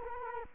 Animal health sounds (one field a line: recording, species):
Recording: mosquito wingbeat signal from an infrared sensor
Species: Culex quinquefasciatus